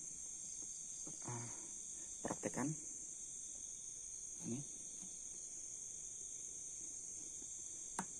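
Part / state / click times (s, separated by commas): fuel hose quick-connector on a scooter fuel pump / released / 8.0 s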